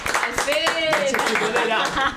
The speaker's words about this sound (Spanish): ¡Un aplauso, bravo! ¡Buena, cabrón! ¡Bravo! Muchas gracias.